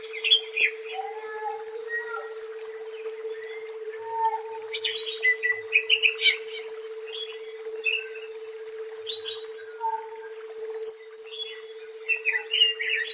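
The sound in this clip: Leafbird song, scattered whistles and quick chattering phrases over a steady low hum.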